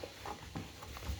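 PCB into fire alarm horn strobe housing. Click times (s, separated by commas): 1.0 s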